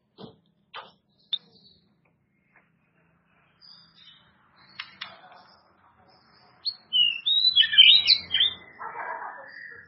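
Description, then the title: White-rumped shama song after scattered clicks and soft taps: a burst of loud, tumbling whistled notes and a buzzy warble in the final seconds. "murai batu"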